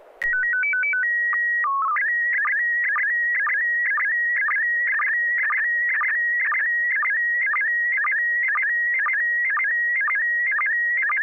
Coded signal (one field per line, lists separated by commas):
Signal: SSTV (slow-scan television)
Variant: PD 120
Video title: N6NA SSTV Net - 04/06/2022